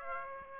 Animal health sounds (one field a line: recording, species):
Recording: mosquito wingbeat signal from an infrared sensor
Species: Aedes aegypti